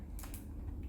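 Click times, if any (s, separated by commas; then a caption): none. A DDR4 memory module is handled and pressed, left side first, toward a motherboard DIMM slot with a plastic retention latch. Two short sharp transients are heard at about 0.2 s and 0.3 s over a low steady hum. Nothing has seated or clicked yet.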